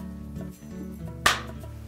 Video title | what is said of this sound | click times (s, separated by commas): Whirlpool Dishwasher Repair - How to Replace the Rack Adjuster (Whirlpool # W10712394) | Snapped into place, we're going to put two of those T15 Torx | 1.3 s